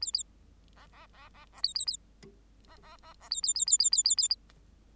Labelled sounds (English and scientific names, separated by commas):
Bengalese Finch (Lonchura striata domestica) song